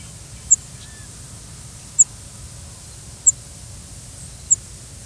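Cape May warbler: four very high, thin, brief seet notes, each over a second apart, above a faint low steady hiss.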